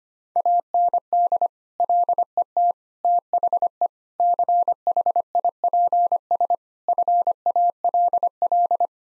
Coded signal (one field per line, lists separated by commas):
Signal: Morse code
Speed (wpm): 25 wpm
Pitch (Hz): 700 Hz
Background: none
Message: AND LET THE CHIPS FALL